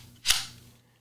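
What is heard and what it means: A plastic flight battery, flipped over after first being upside down, is slid into the battery bay of a UranHub quadcopter drone with a 4K camera. A single sharp, bright snap rings out at 0.3 s over a faint low hum, then fades over about half a second. The battery snaps home and is seated in the bay.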